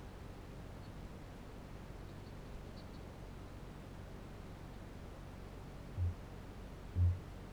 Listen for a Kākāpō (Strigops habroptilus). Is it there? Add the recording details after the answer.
yes. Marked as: faintness 3/5. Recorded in New Zealand. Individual Barnard